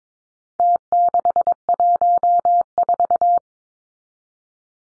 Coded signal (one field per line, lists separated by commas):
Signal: Morse code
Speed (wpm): 22 wpm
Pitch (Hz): 700 Hz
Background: none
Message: T614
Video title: Four Digit Contest Style Numbers 22wpm